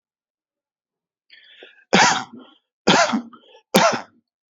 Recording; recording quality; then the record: heavy voluntary cough; excellent, no background noise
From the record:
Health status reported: exposed to COVID-19, no respiratory illness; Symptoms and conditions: none ticked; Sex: male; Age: 26 years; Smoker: not ticked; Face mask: not worn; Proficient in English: yes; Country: India